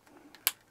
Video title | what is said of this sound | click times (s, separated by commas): Vantrue N2s Dual Dash Cam | that clips clicks into place so it would look | 0.5 s